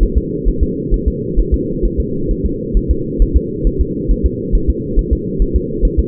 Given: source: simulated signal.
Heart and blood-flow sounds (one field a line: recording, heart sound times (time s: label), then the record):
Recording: fetal heart sounds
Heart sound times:
0.03 s: S1
0.18 s: S2
0.48 s: S1
0.63 s: S2
0.94 s: S1
1.08 s: S2
1.40 s: S1
1.54 s: S2
1.85 s: S1
2.00 s: S2
2.31 s: S1
2.46 s: S2
2.77 s: S1
2.91 s: S2
3.22 s: S1
3.37 s: S2
3.67 s: S1
3.81 s: S2
4.11 s: S1
4.26 s: S2
4.55 s: S1
4.70 s: S2
4.99 s: S1
5.13 s: S2
5.42 s: S1
5.56 s: S2
5.85 s: S1
6.00 s: S2
From the record:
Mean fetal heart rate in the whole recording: 135 bpm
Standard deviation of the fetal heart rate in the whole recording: 3 bpm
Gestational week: 36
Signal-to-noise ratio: -6.6 dB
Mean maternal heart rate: 72 bpm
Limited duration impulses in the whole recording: present